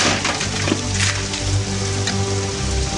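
Heavy rain pours down in a dense, steady hiss with scattered sharper patters, while a low sustained hum lingers underneath the whole time.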